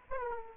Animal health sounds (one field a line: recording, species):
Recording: mosquito wingbeat signal from an infrared sensor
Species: Aedes aegypti